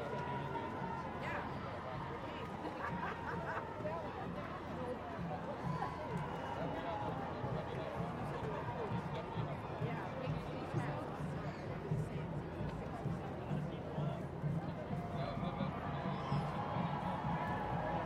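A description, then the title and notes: A crowd at an outdoor march, with many voices talking and calling over one another in a dense, continuous babble. The level stays steady throughout, with occasional louder shouts standing out briefly and a low rumble of street noise underneath. WOMXNS MARCH.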